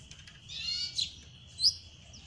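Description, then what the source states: Belgian canary song, a short buzzy high trill followed by a couple of sharp bright notes, over a faint low hum. Copper-coloured Belgian canary, singing.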